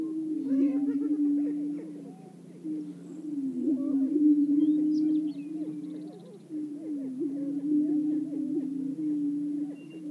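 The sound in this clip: Greater prairie-chickens give low, sustained booming hoots in overlapping waves, with scattered upslurred whoops and chatter from several birds above the drone.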